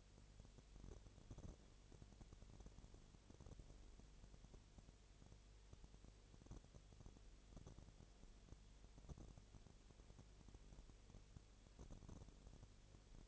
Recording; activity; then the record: daily activity, microphone in the room; no activity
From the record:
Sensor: 4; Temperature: 22.7 degrees Celsius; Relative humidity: 32.0%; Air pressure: 1008.1 hPa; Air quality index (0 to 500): 114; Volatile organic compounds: 2 ppm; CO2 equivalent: 1108 ppm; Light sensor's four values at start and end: 2/3/1/1 and 2/3/1/1